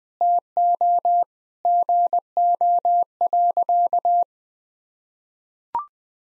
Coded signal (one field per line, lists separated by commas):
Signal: Morse code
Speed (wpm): 20 wpm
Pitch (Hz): 700 Hz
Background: none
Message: TO GO.